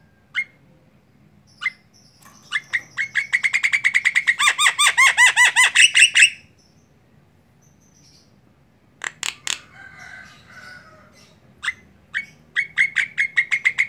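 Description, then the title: Javan myna song: scattered sharp chips, then a fast run of about twenty harsh, arched, ringing notes, a pause, and more clipped chattering notes. Singing; the local term for the song style is ngoceh. "Jalak Kebo Ngoceh"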